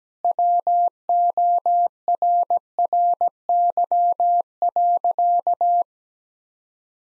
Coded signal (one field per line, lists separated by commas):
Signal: Morse code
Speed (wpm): 17 wpm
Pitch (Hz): 700 Hz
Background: none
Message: WORRY.